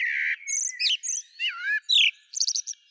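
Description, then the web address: Common blackbird vocalising: a quick run of varied whistled and twittering phrases with sliding notes and squeaky chirps, closing with a brief burst of short high notes. "Turdus merula"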